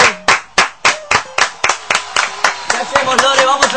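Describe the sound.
An audience claps in a steady, loud rhythm of sharp, evenly spaced claps that grow denser and more scattered toward the end, with voices faintly underneath.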